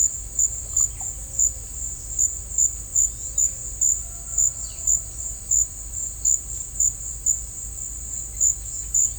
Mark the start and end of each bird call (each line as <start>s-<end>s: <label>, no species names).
0.53s-1.15s: bird call
3.10s-3.68s: bird call
4.54s-5.03s: bird call